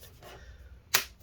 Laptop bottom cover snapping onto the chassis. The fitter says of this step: there we go make sure it's all clicked in make sure everything looks good